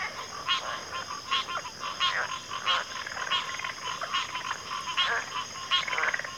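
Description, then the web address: Crickets in chorus, a steady high shimmering trill throughout, overlaid by loud rapid croaking pulses repeating irregularly. Cricket chorus in a backwater. "WLL Grade 1-12 Pre-Uni Library Enter Natures Songs Sleep Sounds of Nature CRICKETS 03 Backwater Chorus"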